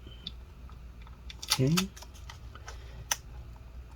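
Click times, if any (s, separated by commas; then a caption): 3.1 s. A laptop display/digitizer ribbon cable connector on an HP Envy x360 Convertible 13-y013cl is pushed onto its motherboard socket. Someone talks briefly amid faint small taps and ticks, and a sharp click at 3.1 s marks the connector snapping fully into place, seated.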